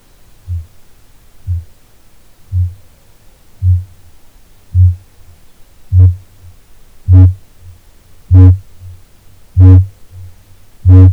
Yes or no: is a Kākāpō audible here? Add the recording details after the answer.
yes. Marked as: faintness 2/5, faintness 1/5. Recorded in New Zealand. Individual Ben